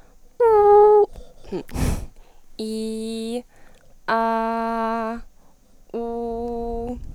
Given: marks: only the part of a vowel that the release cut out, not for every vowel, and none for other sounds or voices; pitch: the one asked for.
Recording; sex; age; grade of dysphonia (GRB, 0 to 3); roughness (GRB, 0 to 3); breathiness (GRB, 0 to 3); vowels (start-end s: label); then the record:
sustained vowels; female; 20 to 29 years; 0; 0; 0
0.46-0.98 s: vowel /u/, high pitch
2.64-3.33 s: vowel /i/, low pitch
4.18-5.05 s: vowel /a/, low pitch
5.97-6.47 s: vowel /u/, low pitch
From the record:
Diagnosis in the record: healthy voice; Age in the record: 20 years